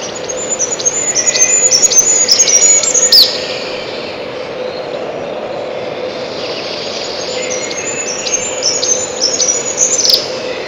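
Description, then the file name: Siberian chiffchaff singing two separate bouts of quick, high, chipping notes divided by a quieter gap, with a persistent low hum. "пеночка печальная"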